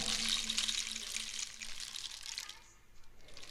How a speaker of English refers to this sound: Is that a rain stick